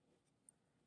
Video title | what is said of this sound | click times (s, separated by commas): GCD Makes Some High Quality 1/64 Models - Feat. Diecast Talk Exclusives | locks in place doesn't really roll well when it's like that but it's there | 0.5 s